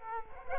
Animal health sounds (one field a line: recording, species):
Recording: mosquito wingbeat signal from an infrared sensor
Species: Culex quinquefasciatus